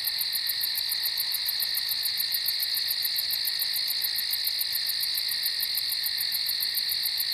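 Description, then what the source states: Crickets keep up a constant shrill chorus, layered high tones with a quick, regular pulsing trill, steady from start to finish. Crickets at night on a farm.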